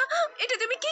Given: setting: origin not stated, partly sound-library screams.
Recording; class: one-second piece from a danger detection set; woman in danger